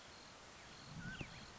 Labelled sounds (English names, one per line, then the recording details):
Mountain Quail
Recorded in Sonoma County, California